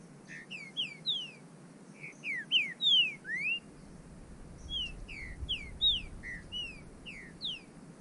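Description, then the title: Bird song: a lively run of whistled slurred notes, falling and rising sweeps in quick succession, continuing in two phrases with a soft low rumble in the background. "burung"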